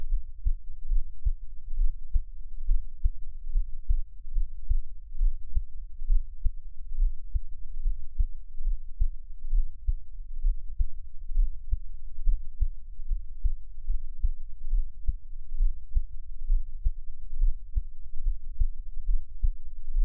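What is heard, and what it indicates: Soft, low, steady thumps repeat at about 67 beats a minute over a faint low hum. A regular adult heartbeat, heard close up with no talking, in a Taiwanese ASMR setting.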